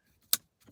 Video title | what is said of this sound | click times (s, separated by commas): 1st Gen Acura TLX -fix interior rattling by speedometer! | There you go, clicks into place. | 0.3 s